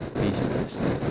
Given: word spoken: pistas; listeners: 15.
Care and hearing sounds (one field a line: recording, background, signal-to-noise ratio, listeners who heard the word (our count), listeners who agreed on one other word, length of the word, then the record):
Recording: one Spanish word in noise, from a listening test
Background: noise modulated by three-talker babble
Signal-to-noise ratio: -5.5 dB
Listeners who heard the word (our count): 3 of 15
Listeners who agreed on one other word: 9 of 15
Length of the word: 0.71 s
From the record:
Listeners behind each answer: 9, 3, 2, 1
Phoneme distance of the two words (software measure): 10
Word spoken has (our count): 2 syllables, 6 phonemes, stress on syllable 1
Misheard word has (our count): 2 syllables, 6 phonemes, stress on syllable 1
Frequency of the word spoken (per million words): 14.04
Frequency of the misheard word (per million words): 18.07